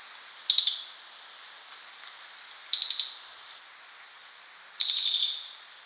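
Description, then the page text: Crested jay calls: three short, high, rattling bursts of rapid clicks, spaced about two seconds apart, over a steady faint high hiss. "Crested Jay Calls. Quick Sounds"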